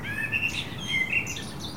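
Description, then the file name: Common blackbird song fragment of several mellow whistled notes mixed with thin, high squeaky twitters against background hiss. "Turdus merula"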